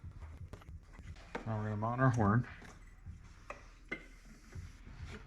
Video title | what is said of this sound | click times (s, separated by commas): 2022 ZForce 950 HO Sport/HOEX True Plug and Play Turn signal kit | I'm going to go till you hear it click that means it's locked into place | 1.4 s